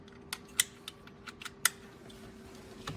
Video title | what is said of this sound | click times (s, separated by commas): 2010-2015 Lexus RX350 RX450h Left Driver Side Cupholder Replacement Instructions | Plug them in until they click. | 0.6 s, 1.7 s